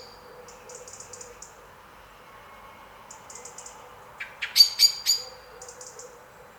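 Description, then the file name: Common blackbird uttering a burst of harsh, rapid chattering notes midway, while thin high notes come and go in the background. "Turdus merula"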